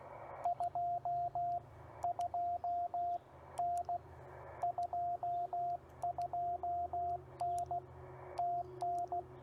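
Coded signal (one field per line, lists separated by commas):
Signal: Morse code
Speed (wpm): 16 wpm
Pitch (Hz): 700 Hz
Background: radio noise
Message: 22N 22N TN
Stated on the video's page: Morse from a Parks on the Air activation with a TR45L Skinny radio, MC-750 vertical whip with four radials, Bamatech TP III key and battery power.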